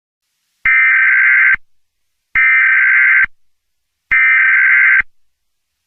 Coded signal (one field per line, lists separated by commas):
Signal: Emergency Alert System (SAME) tones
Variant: header bursts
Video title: Alien Invasion Part 2: An Alien Invasion EAS Scenario